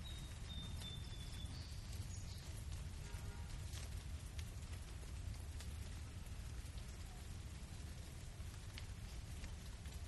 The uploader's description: sounds of rain, thunder, and thunder & lightning with relaxing music and soft background sounds